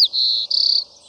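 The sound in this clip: White-crowned sparrow song ending: a brief sharp note, a long steady high whistle, then a rapid buzzy trill fading out.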